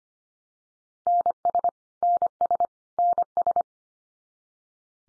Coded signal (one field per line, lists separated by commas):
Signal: Morse code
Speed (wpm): 25 wpm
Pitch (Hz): 700 Hz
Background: none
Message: NS NS NS